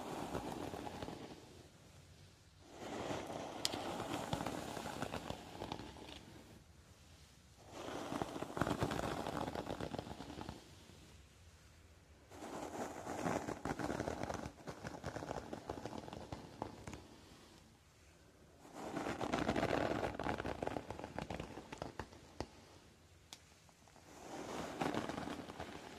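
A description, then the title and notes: A rain stick is tipped again and again, each turn releasing a dense pattering cascade of tiny pellets that runs about three to five seconds. Short quiet gaps separate the pours, giving a regular rise-and-fall rhythm, with the rattling bright and granular throughout. Rain stick.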